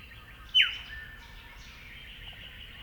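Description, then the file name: Eastern yellow robin giving a single abrupt downslurred call near the start, followed by quiet. "Eopsaltria Australis"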